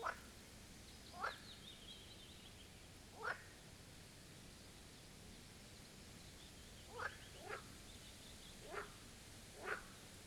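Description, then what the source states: Marsh frog calls, short sharp croaks spaced irregularly over a quiet background, several in quick succession toward the end. Chorus at the Birkensee, Schönbuch, Germany, on one of the first proper hot summer days of 2023.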